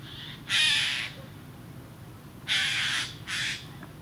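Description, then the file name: Eurasian jay giving harsh, rasping screeches: one long screech, then two shorter ones close together about two seconds later, over a steady low background hiss. "Garrulus glandarius"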